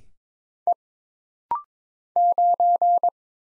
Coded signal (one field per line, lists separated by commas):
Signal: Morse code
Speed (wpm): 23 wpm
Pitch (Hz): 700 Hz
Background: none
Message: E 9